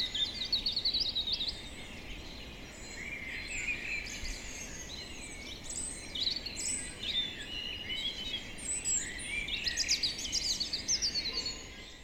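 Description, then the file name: European robin song, a dense stream of high, thin, varied warbling phrases and trills that keeps going throughout, with steady background noise underneath. "Erithacus rubecula"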